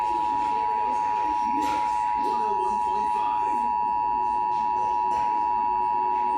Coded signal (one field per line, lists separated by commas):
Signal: Emergency Alert System (SAME) tones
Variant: 853 and 960 Hz attention tone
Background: speech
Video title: EAS #136 Tornado Warning